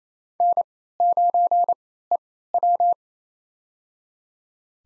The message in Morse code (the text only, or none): N9EW